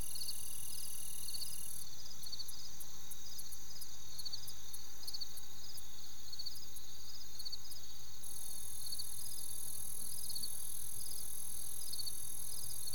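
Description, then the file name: Cricket chirping: continuous pulsed trilling and a steady high buzz, with a run of fast regular ticks from about 2 to 8 seconds. "Crickets Grasshoppers Birds"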